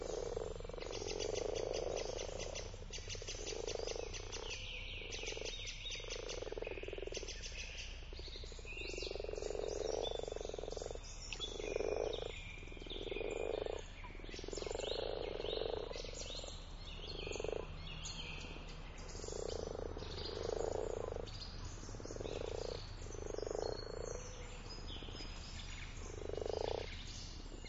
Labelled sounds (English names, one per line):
Common Frog call